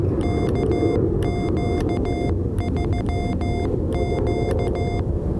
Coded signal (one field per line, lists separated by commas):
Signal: Morse code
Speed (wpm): 15 wpm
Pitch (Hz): 2100 Hz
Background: none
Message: KQ3Q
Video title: Morse Code (CW) Copying Practice - POTA at Biscayne National Park with YL #KQ3Q